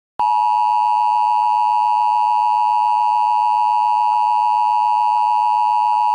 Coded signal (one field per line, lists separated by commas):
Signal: Emergency Alert System (SAME) tones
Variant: 853 and 960 Hz attention tone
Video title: that nuke scene from The Sum Of All Fears but it's an EAS mock